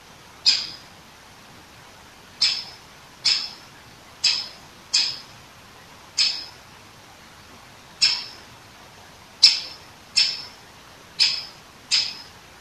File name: dzieciol duzy nikolay sariev - (dendrocopos major), 2015-09-21 , 19 10